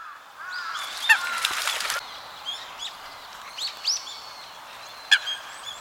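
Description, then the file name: Eurasian Coot giving a few sharp, abrupt calls. "ooban"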